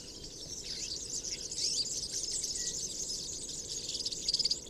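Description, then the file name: European serin song, a rapid high sizzling jingle throughout, ending in a few short sharp notes. Recorded 22 January 2017 at Binsham. "Girlitz. Binsham. Susanne Rieck"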